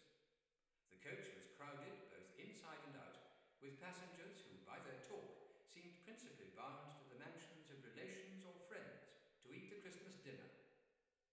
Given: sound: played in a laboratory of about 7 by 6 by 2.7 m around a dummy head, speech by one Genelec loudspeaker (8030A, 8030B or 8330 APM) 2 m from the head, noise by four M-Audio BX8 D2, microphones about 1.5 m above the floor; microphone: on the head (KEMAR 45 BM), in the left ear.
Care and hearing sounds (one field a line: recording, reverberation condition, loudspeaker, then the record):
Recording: male speech in English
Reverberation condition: high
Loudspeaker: 120 degrees to the left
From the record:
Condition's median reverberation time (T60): about 1300 ms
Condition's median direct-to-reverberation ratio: about -4.0 dB